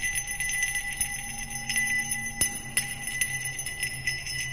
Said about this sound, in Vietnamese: Một đoàn người mặc những trang phục kỳ dị phát ra những tiếng cảnh trống ai oán thê lương vang lên. Mỗi một nhịp bước đi của họ lại theo một tiếng lắc chuông leng ca leng keng.